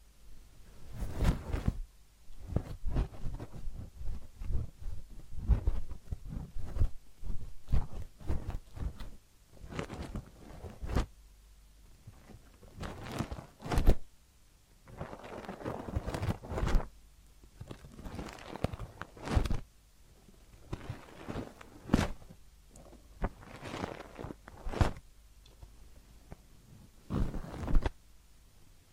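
Massage and ear cleaning sounds: a dense run of soft rubbing and scratching strokes, each a short burst that sweeps up bright. The strokes come every half second or so, irregular in force, with a few stronger scrapes near 14, 19 and 22 seconds and quiet gaps between.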